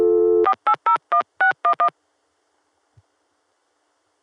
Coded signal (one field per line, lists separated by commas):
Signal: DTMF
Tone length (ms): 90 ms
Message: 4801611